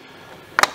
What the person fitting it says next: That gets plugged back, clicked back into that.